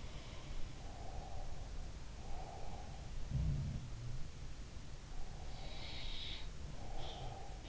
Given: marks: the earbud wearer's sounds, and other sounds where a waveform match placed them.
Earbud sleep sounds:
sounds in sleep by an in-ear microphone; breath
0.00-0.63 s: sound from someone else or the room
0.78-3.06 s: breath
3.17-4.44 s: sound from someone else or the room
5.00-7.69 s: breath
5.62-7.50 s: sound from someone else or the room

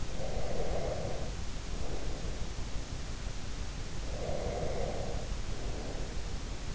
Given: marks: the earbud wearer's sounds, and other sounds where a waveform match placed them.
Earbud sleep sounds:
sounds in sleep by an in-ear microphone; breath
0.00-2.55 s: breath
4.02-6.18 s: breath

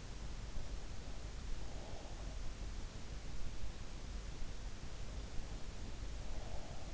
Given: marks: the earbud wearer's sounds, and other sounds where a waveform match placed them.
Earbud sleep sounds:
sounds in sleep by an in-ear microphone; breath
1.20-2.07 s: breath
5.71-6.94 s: breath

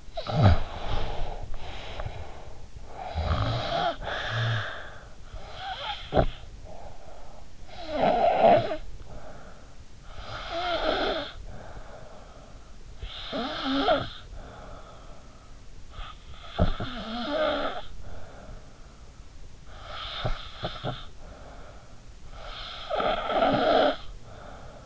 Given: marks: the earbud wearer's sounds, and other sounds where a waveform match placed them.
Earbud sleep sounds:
sounds in sleep by an in-ear microphone; snoring breath
0.00-24.86 s: snoring breath

